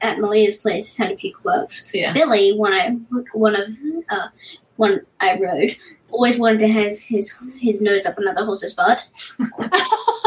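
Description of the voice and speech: A 10-year-old girl speaking with cluttering, a speech disorder: very, very fast speech with pauses in unusual spots, at times garbled. The cluttering has recently resurfaced. She also has autism, ADHD, dyspraxia and anxiety.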